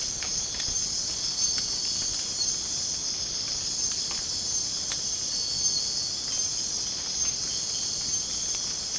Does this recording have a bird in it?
no